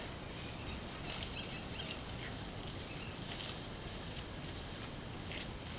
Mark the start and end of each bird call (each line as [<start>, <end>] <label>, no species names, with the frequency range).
[1.00, 2.01] bird call (1.9-6.3 kHz)